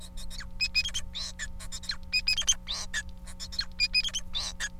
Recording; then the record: song of a male Bengalese finch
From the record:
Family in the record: son of father 4